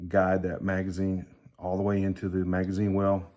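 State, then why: Not seated. A man talks while a loaded magazine is guided all the way into the magazine well of a semi-automatic pistol. The magazine is handled but has not seated or clicked yet, and no click is heard.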